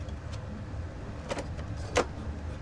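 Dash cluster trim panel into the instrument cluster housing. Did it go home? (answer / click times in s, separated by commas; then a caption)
yes / 1.3 s, 2.0 s. A painted dash cluster trim panel from a 1970 Buick Wildcat is pushed into the instrument cluster housing during reinstallation. Two sharp clicks sound at 1.3 s and 2.0 s, the second louder, over a low steady background hum. The panel snaps into place and stays put, fully seated.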